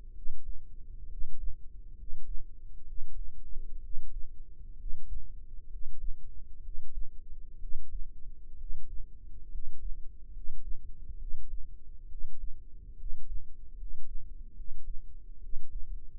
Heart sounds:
heart sounds by microphone in the left ear; 67 bpm
0.11 s: heartbeat
1.06 s: heartbeat
1.93 s: heartbeat
2.83 s: heartbeat
3.78 s: heartbeat
4.74 s: heartbeat
5.66 s: heartbeat
6.59 s: heartbeat
7.56 s: heartbeat
8.54 s: heartbeat
9.47 s: heartbeat
10.29 s: heartbeat
11.15 s: heartbeat
12.05 s: heartbeat
12.94 s: heartbeat
13.73 s: heartbeat
14.52 s: heartbeat
15.37 s: heartbeat
From the record:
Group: healthy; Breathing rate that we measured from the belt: 15 breaths a minute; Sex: male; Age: 22 years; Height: 185 cm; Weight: 112.4 kg

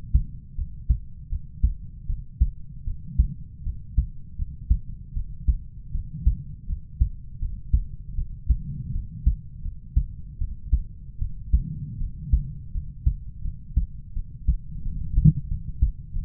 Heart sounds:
heart sounds by stethoscope; 81 bpm
0.55 s: heartbeat
1.29 s: heartbeat
2.06 s: heartbeat
2.84 s: heartbeat
3.63 s: heartbeat
4.35 s: heartbeat
5.13 s: heartbeat
5.91 s: heartbeat
6.66 s: heartbeat
7.38 s: heartbeat
8.15 s: heartbeat
8.92 s: heartbeat
9.62 s: heartbeat
10.38 s: heartbeat
11.18 s: heartbeat
11.98 s: heartbeat
12.71 s: heartbeat
13.41 s: heartbeat
14.13 s: heartbeat
14.82 s: heartbeat
15.48 s: heartbeat
16.12 s: heartbeat
From the record:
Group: healthy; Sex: male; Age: 20 years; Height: 187 cm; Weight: 68.9 kg

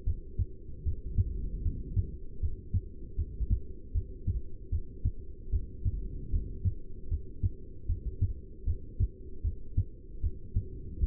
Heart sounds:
heart sounds by stethoscope; 77 bpm
0.05 s: heartbeat
0.84 s: heartbeat
1.63 s: heartbeat
2.40 s: heartbeat
3.16 s: heartbeat
3.93 s: heartbeat
4.70 s: heartbeat
5.51 s: heartbeat
6.31 s: heartbeat
7.09 s: heartbeat
7.87 s: heartbeat
8.65 s: heartbeat
9.42 s: heartbeat
10.21 s: heartbeat
10.98 s: heartbeat
From the record:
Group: heart failure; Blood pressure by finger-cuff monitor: 139/99 mmHg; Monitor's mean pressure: 115 mmHg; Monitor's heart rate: 77 bpm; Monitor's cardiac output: 7.4 L/min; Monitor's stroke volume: 96 mL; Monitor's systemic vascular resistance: 1170 dyn s/cm5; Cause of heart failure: non-ischemic cardiomyopathy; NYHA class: 1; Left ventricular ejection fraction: 62%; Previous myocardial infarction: absent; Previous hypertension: present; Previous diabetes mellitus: present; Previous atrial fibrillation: absent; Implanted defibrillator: absent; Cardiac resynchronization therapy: absent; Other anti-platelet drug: absent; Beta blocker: bisoprolol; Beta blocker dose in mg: 10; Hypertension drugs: sacubitril-valsartan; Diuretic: furosemide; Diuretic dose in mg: 20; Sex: male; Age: 49 years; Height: 167 cm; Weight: 110 kg

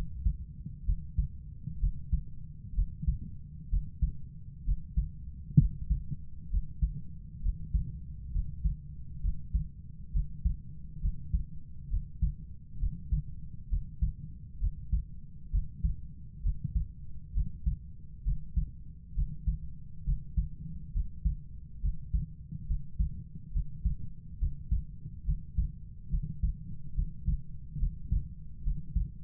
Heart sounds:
heart sounds by stethoscope; 67 bpm
0.86 s: heartbeat
1.80 s: heartbeat
2.75 s: heartbeat
3.70 s: heartbeat
4.65 s: heartbeat
5.58 s: heartbeat
6.50 s: heartbeat
7.42 s: heartbeat
8.32 s: heartbeat
9.21 s: heartbeat
10.12 s: heartbeat
11.01 s: heartbeat
11.90 s: heartbeat
12.79 s: heartbeat
13.69 s: heartbeat
14.60 s: heartbeat
15.51 s: heartbeat
16.42 s: heartbeat
17.34 s: heartbeat
18.24 s: heartbeat
19.15 s: heartbeat
20.05 s: heartbeat
20.93 s: heartbeat
21.81 s: heartbeat
22.67 s: heartbeat
23.53 s: heartbeat
24.39 s: heartbeat
25.25 s: heartbeat
26.10 s: heartbeat
26.95 s: heartbeat
27.79 s: heartbeat
28.63 s: heartbeat
From the record:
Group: healthy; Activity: rest 0-5 s, breath hold 5-29 s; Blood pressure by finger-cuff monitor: 119/55 mmHg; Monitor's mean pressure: 73 mmHg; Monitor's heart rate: 67 bpm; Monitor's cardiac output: 6.8 L/min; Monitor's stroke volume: 102 mL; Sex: female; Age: 22 years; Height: 160 cm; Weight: 63 kg

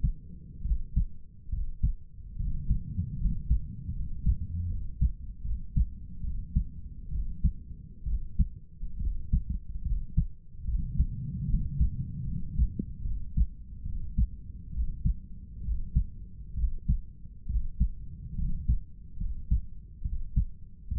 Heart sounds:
heart sounds by stethoscope; 71 bpm
0.65 s: heartbeat
1.52 s: heartbeat
2.39 s: heartbeat
3.20 s: heartbeat
3.96 s: heartbeat
4.70 s: heartbeat
5.45 s: heartbeat
6.24 s: heartbeat
7.12 s: heartbeat
8.07 s: heartbeat
9.01 s: heartbeat
9.86 s: heartbeat
10.68 s: heartbeat
11.50 s: heartbeat
12.28 s: heartbeat
13.05 s: heartbeat
13.86 s: heartbeat
14.74 s: heartbeat
15.65 s: heartbeat
16.58 s: heartbeat
17.50 s: heartbeat
18.39 s: heartbeat
19.21 s: heartbeat
20.05 s: heartbeat
20.92 s: heartbeat
From the record:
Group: healthy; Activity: rest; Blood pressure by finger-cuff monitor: 139/89 mmHg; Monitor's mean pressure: 101 mmHg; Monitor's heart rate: 70 bpm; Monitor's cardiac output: 7.6 L/min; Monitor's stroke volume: 108 mL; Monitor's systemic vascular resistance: 990 dyn s/cm5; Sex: male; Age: 30 years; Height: 188 cm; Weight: 110.2 kg

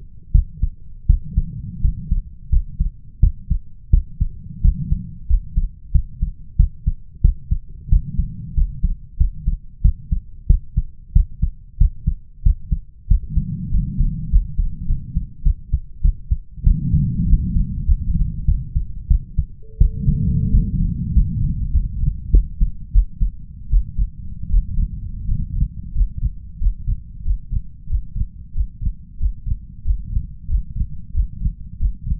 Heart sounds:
heart sounds by stethoscope; 92 bpm
0.31 s: heartbeat
1.06 s: heartbeat
1.81 s: heartbeat
2.49 s: heartbeat
3.19 s: heartbeat
3.90 s: heartbeat
4.61 s: heartbeat
5.26 s: heartbeat
5.91 s: heartbeat
6.56 s: heartbeat
7.21 s: heartbeat
7.88 s: heartbeat
8.54 s: heartbeat
9.17 s: heartbeat
9.81 s: heartbeat
10.46 s: heartbeat
11.12 s: heartbeat
11.77 s: heartbeat
12.42 s: heartbeat
13.07 s: heartbeat
13.70 s: heartbeat
14.29 s: heartbeat
14.86 s: heartbeat
15.42 s: heartbeat
16.01 s: heartbeat
16.63 s: heartbeat
17.26 s: heartbeat
17.84 s: heartbeat
18.45 s: heartbeat
19.07 s: heartbeat
19.77 s: heartbeat
20.50 s: heartbeat
21.12 s: heartbeat
21.70 s: heartbeat
22.30 s: heartbeat
22.91 s: heartbeat
23.68 s: heartbeat
24.49 s: heartbeat
25.26 s: heartbeat
25.93 s: heartbeat
26.58 s: heartbeat
27.22 s: heartbeat
27.87 s: heartbeat
28.53 s: heartbeat
29.17 s: heartbeat
29.82 s: heartbeat
30.47 s: heartbeat
31.12 s: heartbeat
31.77 s: heartbeat
From the record:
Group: healthy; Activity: rest 0-19 s, breath hold 19-32 s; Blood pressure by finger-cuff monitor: 116/83 mmHg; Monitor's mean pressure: 94 mmHg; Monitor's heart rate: 92 bpm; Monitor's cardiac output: 6.4 L/min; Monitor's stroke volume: 71 mL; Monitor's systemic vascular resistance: 1070 dyn s/cm5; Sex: male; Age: 21 years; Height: 180 cm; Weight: 67.5 kg

